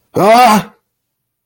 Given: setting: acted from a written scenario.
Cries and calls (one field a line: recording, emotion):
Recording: vocal sound without words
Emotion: pain